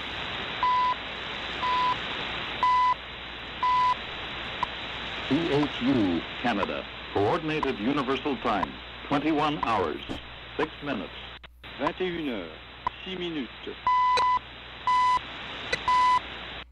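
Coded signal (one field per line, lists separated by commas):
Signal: radio time signal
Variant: CHU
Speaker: now we're going back to the w6 LVP loop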